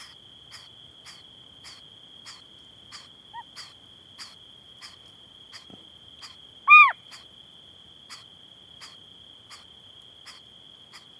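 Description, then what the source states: Cyprus scops owl begging calls: short rasping hisses in a steady, regular series, with one loud, sharp, arched call midway, over a steady high-pitched continuous tone. Begging calls of a juvenile together with excitement calls of an adult.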